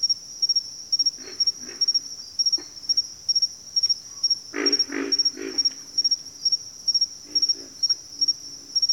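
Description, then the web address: Pig frog grunts, a louder cluster of three rough low calls midway, with other quieter grunts and a steady pulsing cricket. "Nature Songs Nature Sounds Sounds of Nature Collection Pig Frogs"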